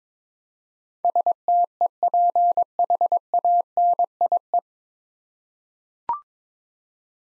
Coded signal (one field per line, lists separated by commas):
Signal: Morse code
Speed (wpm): 21 wpm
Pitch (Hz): 700 Hz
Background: none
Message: STEPHANIE